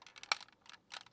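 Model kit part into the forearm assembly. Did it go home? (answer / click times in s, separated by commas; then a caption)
no / none. A plastic or diecast part is pressed into the forearm assembly of a large-scale Agora Models Generation 1 Optimus Prime Transformers partwork kit, which it fails to snap into. Short, light clicks and taps of parts rubbing and knocking together are heard, the sharpest at about 0.3 s. Nothing has seated or clicked yet, and the part does not go in.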